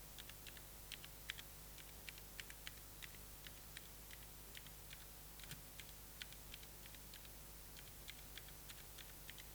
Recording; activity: daily activity, guitar pickup as the sensor; type